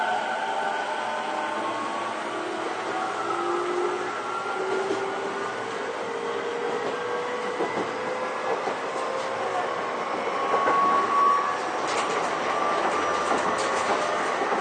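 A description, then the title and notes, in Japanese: Recorded on board a commuter train, a steady rumble of the running carriage is overlaid with whining motor tones that slide slowly in pitch as the train changes speed. Around the eleventh second a brief high squeal and a few sharp clacks from the track stand out. 都営10-300形(3次車) 新線新宿〜高尾山口。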